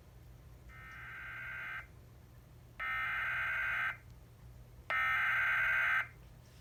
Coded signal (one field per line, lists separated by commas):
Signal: Emergency Alert System (SAME) tones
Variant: header bursts